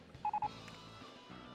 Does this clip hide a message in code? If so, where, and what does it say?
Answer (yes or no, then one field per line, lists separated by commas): no